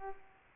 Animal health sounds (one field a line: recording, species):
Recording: mosquito wingbeat signal from an infrared sensor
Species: Culex pipiens